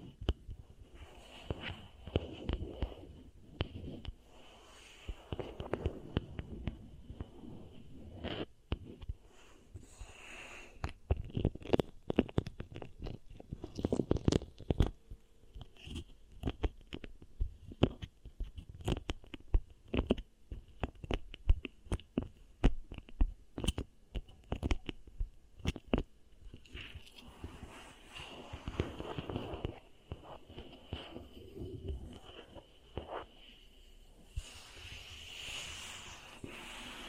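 Beeswax ear triggers: sticky crackles and snapping clicks come in irregular bursts, densest mid-clip, over a faint steady high whine throughout.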